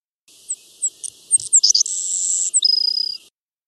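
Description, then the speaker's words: Savannah Sparrow song: a few thin high chips, then a long steady high note and a rapid lower buzzy trill to finish. Male song from research recordings, played to compare 1982 and 2011 songs and show how they changed over almost 30 years. "As an example, I'm going to play male savannah sparrow songs from 1982 and 2011 so you can compare how the songs changed over almost 30 years."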